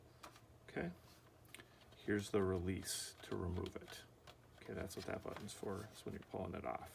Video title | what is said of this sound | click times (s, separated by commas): Setup - VDD Electric Gel Ball Blaster - SCAR Model with Speed Loader & Ammo Bundle | just gonna push it on yep just push it on until it clicks | 0.2 s